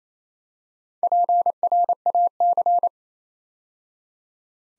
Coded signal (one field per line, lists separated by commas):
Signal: Morse code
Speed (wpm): 28 wpm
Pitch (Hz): 700 Hz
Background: none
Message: PRAC